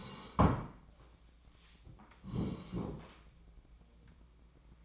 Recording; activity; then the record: daily activity, microphone in the room; sit down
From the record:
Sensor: 1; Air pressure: 1012.3 hPa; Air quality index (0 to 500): 173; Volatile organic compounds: 3 ppm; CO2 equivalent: 1420 ppm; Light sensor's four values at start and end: 46/125/51/63 and 45/122/50/61